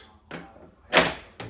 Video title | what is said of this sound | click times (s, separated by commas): Juicing with john | in there make sure it's locked in there okay | 1.0 s, 1.4 s